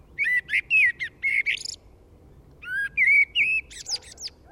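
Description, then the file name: Eurasian blackbird singing two mellow fluted phrases, each low warbling notes ending in a thin, squeaky high twitter, separated by a short pause. "Turdus merula"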